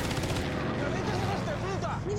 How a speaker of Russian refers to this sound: Самолет пикирует к мосту. Начинает стрелять. Люди лежат ничком на земле. Выстрел попадает в бревна и землю рядом с ними.